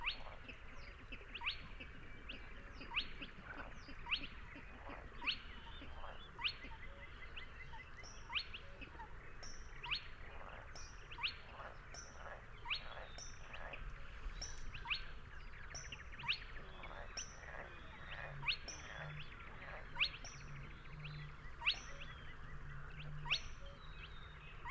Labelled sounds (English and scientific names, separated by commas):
Spotted Crake (Porzana porzana) song